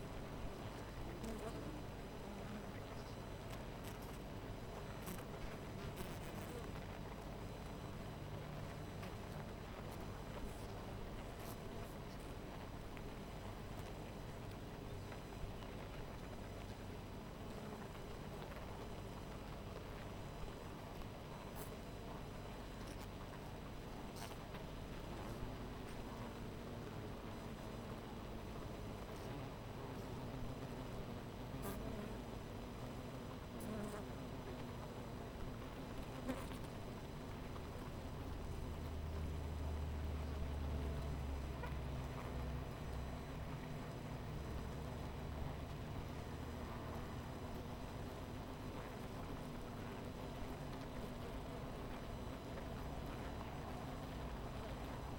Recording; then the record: honeybee colony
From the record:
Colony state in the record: missing queen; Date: 14 July 2017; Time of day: 12:34